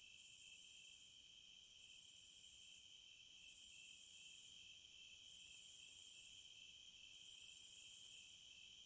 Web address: The Natural Sounds of the Wilderness 10 CDs collection Echoes of Nature - American Wilds Cicadas